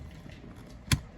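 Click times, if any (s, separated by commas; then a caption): 0.9 s. The support leg of a BeSafe Stretch extended rear-facing child car seat is pushed one more notch down to the floor after the first push left it short. Low, quiet handling noise gives way to a single sharp click at 0.9 s as the leg locks into place.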